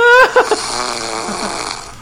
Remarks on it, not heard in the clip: She snored so loud I had to sleep on the futon that's on the living room. This is how loud it was. From a 5 foot tall woman.